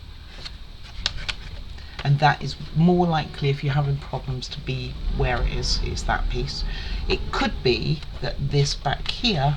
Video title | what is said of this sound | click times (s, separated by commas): Day 4 Step 44 to END-DIY Railway Cathedral Bookend Book nook-COMPLETE- Which Side Will You Display? | push it up and it will click in | 1.1 s